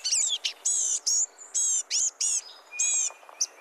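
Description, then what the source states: Blue-gray Gnatcatcher scolding call: a series of several high, thin, slurred notes, quiet background. Tiny songbird, common summer resident across much of the U.S. and Mexico; gives a scolding call while foraging in the forest canopy.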